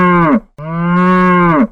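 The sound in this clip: Cow mooing, a short low moo followed by a longer drawn-out moo that falls in pitch at the end.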